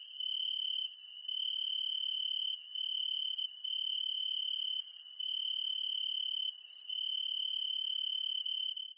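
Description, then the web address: Cricket song, a continuous high-pitched pure trill broken by short gaps every second or two, over an otherwise silent background. "lastunic ambience cricket"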